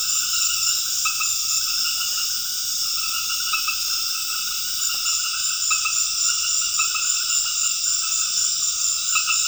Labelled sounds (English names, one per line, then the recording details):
none
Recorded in dense forest near Puerto Asís, Putumayo, Colombia, on 12 March 2025 at 19:30
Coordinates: 0.484, -76.325
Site G045